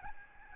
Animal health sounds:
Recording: mosquito wingbeat signal from an infrared sensor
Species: Aedes albopictus

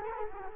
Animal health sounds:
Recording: mosquito wingbeat signal from an infrared sensor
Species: Culex quinquefasciatus

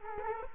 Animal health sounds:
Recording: mosquito wingbeat signal from an infrared sensor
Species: Culex quinquefasciatus

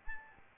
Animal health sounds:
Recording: mosquito wingbeat signal from an infrared sensor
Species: Aedes albopictus

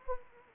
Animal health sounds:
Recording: mosquito wingbeat signal from an infrared sensor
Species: Anopheles arabiensis

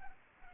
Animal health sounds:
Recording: mosquito wingbeat signal from an infrared sensor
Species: Culex pipiens

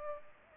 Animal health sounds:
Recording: mosquito wingbeat signal from an infrared sensor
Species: Culex pipiens

